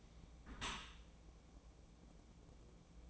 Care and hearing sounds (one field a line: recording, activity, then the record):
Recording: daily activity, microphone in the room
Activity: close dishwasher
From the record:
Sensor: 1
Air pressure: 1012.4 hPa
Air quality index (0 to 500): 170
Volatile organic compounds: 3 ppm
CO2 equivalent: 1385 ppm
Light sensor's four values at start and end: 337/776/341/375 and 336/773/340/373